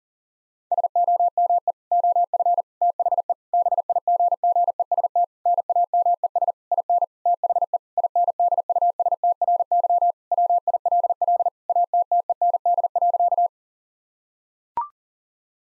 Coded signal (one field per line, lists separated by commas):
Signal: Morse code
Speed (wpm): 40 wpm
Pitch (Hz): 700 Hz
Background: none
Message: SOME OF THE BIGGEST NAMES IN THE INDUSTRY WILL ATTEND.